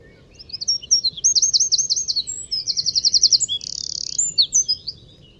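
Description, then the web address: Bird singing high, rapid trilled phrases: a fast rolling trill, a quicker buzzy run, then a brief hissing burst, over faint low background noise. "Deverinetal 2025 File origin Bird Only"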